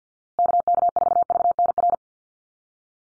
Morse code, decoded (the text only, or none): KK4VNR